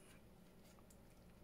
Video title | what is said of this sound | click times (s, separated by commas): Tim Holtz Scraps - Using Up your Leftover Paper Pads - Facebook Challenge Week 1 Pt1 - #Scrapbusting | it hasn't clicked i didn't click ten bit like my brain this morning | none